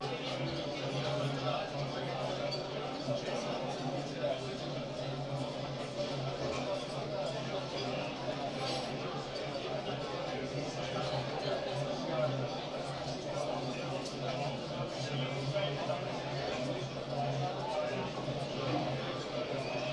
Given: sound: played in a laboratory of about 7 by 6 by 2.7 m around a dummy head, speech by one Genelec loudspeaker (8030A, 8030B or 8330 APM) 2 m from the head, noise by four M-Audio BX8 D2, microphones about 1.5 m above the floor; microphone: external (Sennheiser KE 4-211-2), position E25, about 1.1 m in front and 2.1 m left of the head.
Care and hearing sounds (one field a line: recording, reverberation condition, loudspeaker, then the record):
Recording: cafeteria noise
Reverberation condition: low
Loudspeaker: four, about 170 cm from the corners of the room and facing them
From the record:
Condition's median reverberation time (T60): about 310 ms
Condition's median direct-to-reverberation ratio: about 3.5 dB